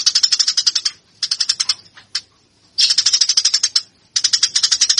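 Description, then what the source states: Eurasian tree sparrow song: short, quick bursts of harsh repeated chirps with brief pauses between them. Local name burung gereja; song style described as tarung, meaning fighting.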